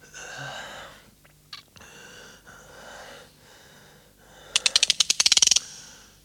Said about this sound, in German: Das ist das Geräusch, das beim Spannen eines Revolverhahnes entsteht.